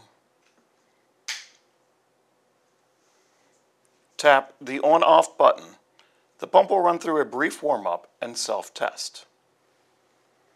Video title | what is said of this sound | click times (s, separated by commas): Magnesium Sulfate for Asthma Sapphire Pump | close the cassette set door it will latch shut | 1.3 s